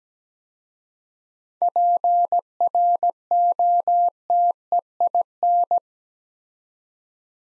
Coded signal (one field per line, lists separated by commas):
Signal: Morse code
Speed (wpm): 17 wpm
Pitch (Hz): 700 Hz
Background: none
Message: PROTEIN